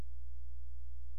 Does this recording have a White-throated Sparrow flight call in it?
no